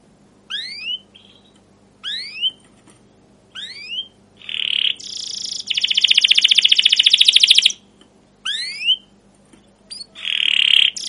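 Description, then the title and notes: Canary song in short bursts: upward-sweeping whistled chirps about every one and a half seconds, broken by a loud buzzy trill and a final rolled phrase. Caged domestic canary singing long, continuous chirping and rolling song, used as a lure and master tutor recording to teach young canaries sounds. "CUIT CUIT NGEROL LANGSUNG GACOR PANJANG Kenari. PANCINGAN Kenari GACOR PANJANG Cuit CUIT EMOSI. MASTERAN Kenari PAUD belajar BUNYI. burung kenari"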